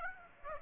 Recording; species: mosquito wingbeat signal from an infrared sensor; Aedes aegypti